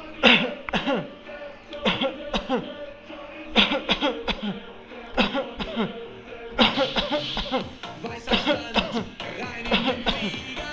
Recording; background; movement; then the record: voluntary coughing; music; sitting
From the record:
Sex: male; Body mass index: 20.6 kg/m2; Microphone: on the chest, facing the body